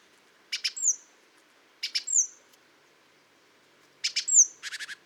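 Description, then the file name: Great tit calling: three sets of sharp paired clicks each trailed by a high, thin, falling whistle, the last followed by a quick run of rattling notes. "Parus major"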